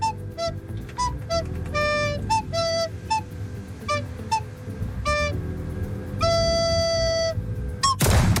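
Short, breathy recorder notes, played on a recorder connected to a computer instead of a keyboard, each tone triggering a move in a shooting video game, jump between a few high pitches in an irregular rhythm, then one long sustained tone, over a steady low rumble of game noise that ends in a sudden harsh burst.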